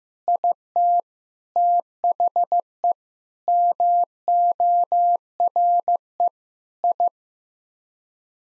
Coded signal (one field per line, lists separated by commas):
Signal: Morse code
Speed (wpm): 15 wpm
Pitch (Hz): 700 Hz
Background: none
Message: IT THE MORE I